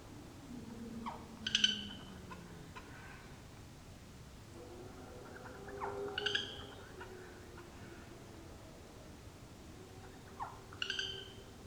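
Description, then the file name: Eurasian jay giving harsh, ringing calls about every four to five seconds. "Garrulus glandarius"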